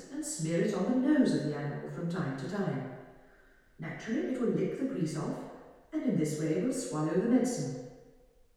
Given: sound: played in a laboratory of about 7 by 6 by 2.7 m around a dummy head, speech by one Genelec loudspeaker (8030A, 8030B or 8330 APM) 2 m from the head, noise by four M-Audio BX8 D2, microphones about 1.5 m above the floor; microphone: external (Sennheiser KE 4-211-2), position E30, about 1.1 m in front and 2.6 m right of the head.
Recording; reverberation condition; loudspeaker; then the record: female speech in English; high; behind (180 degrees)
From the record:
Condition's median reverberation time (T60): about 1300 ms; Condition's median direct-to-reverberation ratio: about -4.0 dB